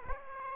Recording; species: mosquito wingbeat signal from an infrared sensor; Aedes aegypti